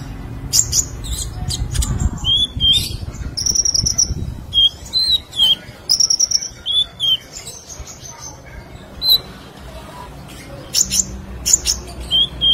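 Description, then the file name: Sunbird song: scattered high whistled notes and short buzzy trills, some rising and falling, broken by pauses, over a soft low rumble. "Kolibri Lebah"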